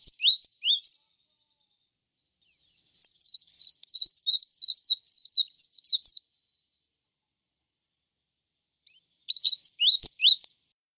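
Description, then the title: White-eye giving high, sweet twittering phrases of quick slurred notes, a long stretch of chatter, silence, then a short closing burst. "Suara burung pleci"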